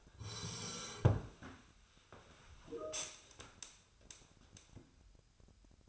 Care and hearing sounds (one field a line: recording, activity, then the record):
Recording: daily activity, microphone in the room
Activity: sit down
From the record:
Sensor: 2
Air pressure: 1015.1 hPa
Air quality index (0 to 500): 132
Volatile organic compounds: 4 ppm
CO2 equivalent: 1700 ppm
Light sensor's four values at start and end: 9/20/8/9 and 12/32/13/15